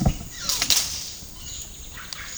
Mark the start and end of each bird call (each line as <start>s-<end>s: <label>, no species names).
0.00s-1.03s: bird call
1.60s-2.38s: bird call